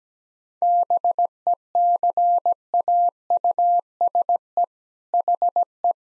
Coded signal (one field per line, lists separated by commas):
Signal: Morse code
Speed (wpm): 17 wpm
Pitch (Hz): 700 Hz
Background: none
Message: BECAUSE HE